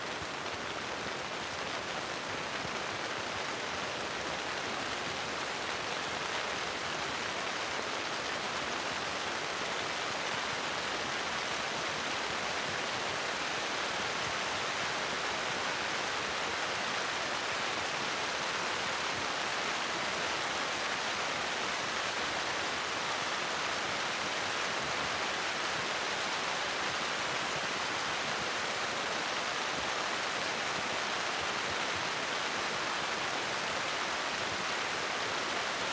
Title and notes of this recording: Rain, Heavy, Large Drops on Spruce. Constant heavy rain with large drops under a Spruce canopy